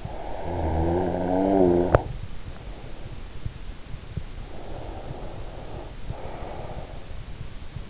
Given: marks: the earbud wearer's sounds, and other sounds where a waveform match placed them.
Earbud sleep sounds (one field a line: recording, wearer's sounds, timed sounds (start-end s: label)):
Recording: sounds in sleep by an in-ear microphone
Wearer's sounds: snoring breath, teeth grinding, breath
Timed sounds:
0.00-1.78 s: snoring breath
1.78-2.23 s: teeth grinding
2.23-3.46 s: breath
4.35-7.13 s: breath